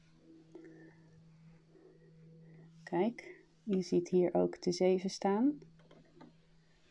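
Upper thread is handled at the step-7 thread guide, a small plateau, on a Brother Innov-is sewing machine while someone talks. Faint handling ticks are heard, but the thread has not yet seated or clicked into the guide.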